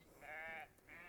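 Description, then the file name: Sheep bleating: a nasal, harmonic bleat lasting under half a second, followed by the start of a second bleat. "nolana schafe"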